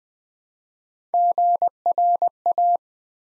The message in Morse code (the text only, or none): GRA